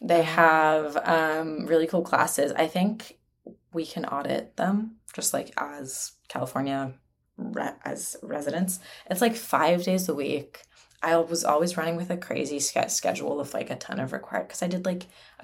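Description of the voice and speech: Adult woman talking casually, with brief part-word repetitions and stretched sounds, fitting mild stuttering that she has had since birth.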